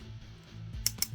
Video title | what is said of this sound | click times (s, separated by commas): 01-Studio 01S01 CELL (UNICRON) Review! Bert The Stormtrooper Transformers Reviews! | angle of that two clicks and there we go these are ready to go | 0.9 s, 1.0 s